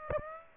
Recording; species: mosquito wingbeat signal from an infrared sensor; Aedes aegypti